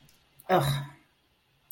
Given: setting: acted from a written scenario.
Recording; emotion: vocal sound without words; contempt